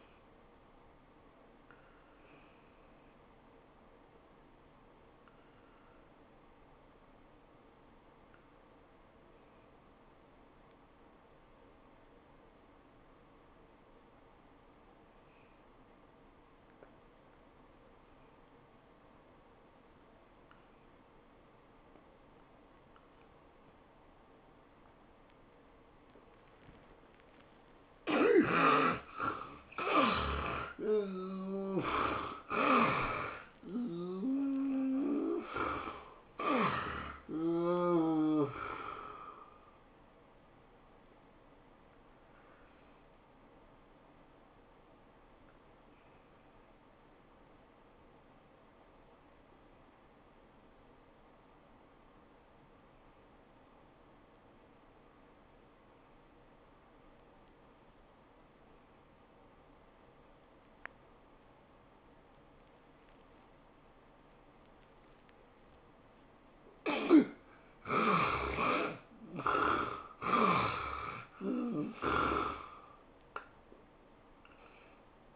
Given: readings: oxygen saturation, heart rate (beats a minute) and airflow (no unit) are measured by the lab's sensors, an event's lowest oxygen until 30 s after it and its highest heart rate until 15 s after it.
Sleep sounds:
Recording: breathing in sleep by a voice recorder at the bedside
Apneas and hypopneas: 2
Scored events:
14.00-29.80 s: obstructive apnea (N1, oxygen 93% highest, then 71% lowest, heart rate 82 at the start, 106 highest)
45.00-67.90 s: obstructive apnea (N1, oxygen 97% highest, then 69% lowest, heart rate 88 at the start, 105 highest)
From the record:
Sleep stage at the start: N1 (lightest sleep)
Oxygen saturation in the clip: 70 to 97%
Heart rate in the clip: 73 to 106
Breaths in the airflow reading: 8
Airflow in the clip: -23.2 to 14.4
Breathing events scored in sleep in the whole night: 403 in 5.5 hours asleep

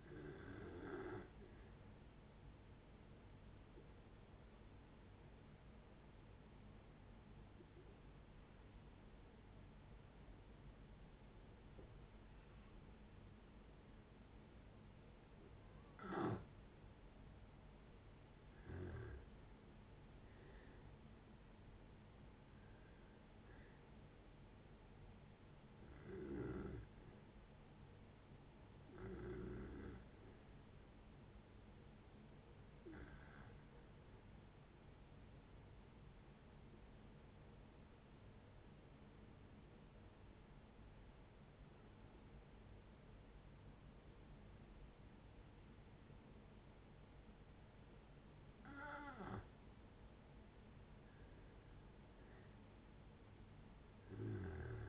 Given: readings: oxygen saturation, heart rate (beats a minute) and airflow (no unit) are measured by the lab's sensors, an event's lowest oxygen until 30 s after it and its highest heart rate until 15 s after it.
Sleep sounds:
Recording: breathing in sleep by a voice recorder at the bedside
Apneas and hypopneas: 2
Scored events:
3.00-19.00 s: hypopnea (N2, oxygen 94% highest, then 86% lowest, heart rate 71 at the start, 78 highest)
25.00-54.89 s: new sleep stage, N1 (lightest sleep)
30.00-49.30 s: hypopnea (N1, oxygen 96% highest, then 87% lowest, heart rate 63 at the start, 64 highest)
From the record:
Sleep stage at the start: N2 (light sleep)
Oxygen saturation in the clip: 86 to 96%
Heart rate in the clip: 59 to 78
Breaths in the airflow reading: 12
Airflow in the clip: -5.5 to 7.5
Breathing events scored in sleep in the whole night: 496 in 5.4 hours asleep

